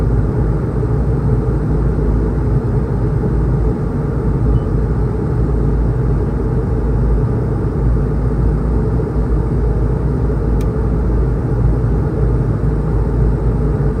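A steady, unbroken engine roar inside a passenger flight, heavy in the low end with a dull rumbling texture and little change in level across the whole stretch. A single brief click lands near the eleventh second; no announcements or voices come through.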